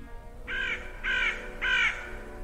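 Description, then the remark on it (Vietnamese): A crow caws mournfully three times in a dark second-floor hospital corridor, in a steady, evenly spaced rhythm, each call harsh and drawn out, standing alone over a quiet low background hum. “Nghe đến đây, ở giữa hành lang tối tăm của lầu 2 bệnh viện Kim Hồng, từ đâu đó vang lên tiếng quạ kêu ai oán.”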